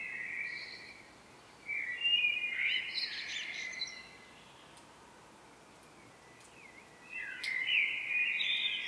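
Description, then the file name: Common blackbird song, warbled fluty phrases with high twittery notes: the end of one phrase, a second burst, then a quiet gap of about three seconds before another. "Turdus merula"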